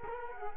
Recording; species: mosquito wingbeat signal from an infrared sensor; Culex quinquefasciatus